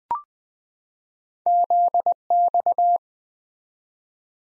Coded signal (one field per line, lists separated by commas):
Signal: Morse code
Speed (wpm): 20 wpm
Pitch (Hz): 700 Hz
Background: none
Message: ZX